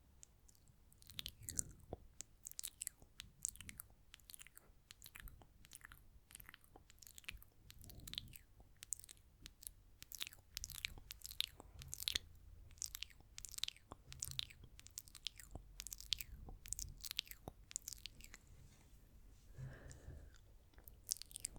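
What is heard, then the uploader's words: Wet mouth sounds crackle and click densely throughout, with sharp bright smacks, faint low breathy murmurs, and a soft swell near twenty seconds. ASMR Intense Mouth Sounds & Lipgloss Application (No Talking).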